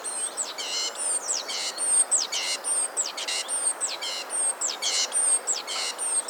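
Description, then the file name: Great tit calling, sharp high descending notes paired with harsh buzzy chatter, repeated at about one phrase per second. "Parus major"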